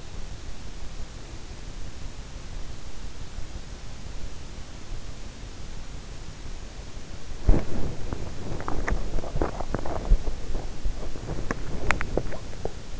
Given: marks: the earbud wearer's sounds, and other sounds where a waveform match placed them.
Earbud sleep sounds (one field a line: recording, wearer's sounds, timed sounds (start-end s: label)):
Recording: sounds in sleep by an in-ear microphone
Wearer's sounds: breath, body movement, teeth grinding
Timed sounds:
0.00-1.96 s: breath
7.38-10.66 s: body movement
8.74-13.00 s: teeth grinding